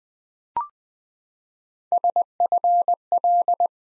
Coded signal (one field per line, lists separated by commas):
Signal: Morse code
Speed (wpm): 20 wpm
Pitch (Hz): 700 Hz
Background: none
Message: SFL